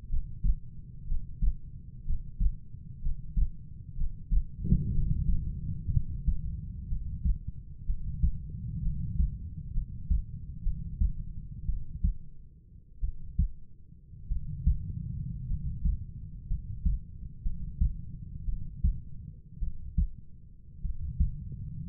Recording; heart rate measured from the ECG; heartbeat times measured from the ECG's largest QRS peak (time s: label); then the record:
heart sounds by stethoscope; 58 bpm
0.09 s: heartbeat
1.07 s: heartbeat
2.05 s: heartbeat
3.01 s: heartbeat
3.96 s: heartbeat
4.92 s: heartbeat
5.91 s: heartbeat
6.88 s: heartbeat
7.86 s: heartbeat
8.82 s: heartbeat
9.73 s: heartbeat
10.63 s: heartbeat
11.66 s: heartbeat
13.01 s: heartbeat
14.28 s: heartbeat
15.47 s: heartbeat
16.47 s: heartbeat
17.43 s: heartbeat
18.45 s: heartbeat
19.59 s: heartbeat
20.82 s: heartbeat
From the record:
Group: healthy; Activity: breath hold 0-5 s, rest 5-22 s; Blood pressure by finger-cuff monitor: 106/55 mmHg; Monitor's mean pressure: 68 mmHg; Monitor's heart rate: 61 bpm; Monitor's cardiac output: 4.9 L/min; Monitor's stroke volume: 81 mL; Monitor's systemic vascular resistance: 970 dyn s/cm5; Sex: male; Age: 25 years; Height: 170 cm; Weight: 70.4 kg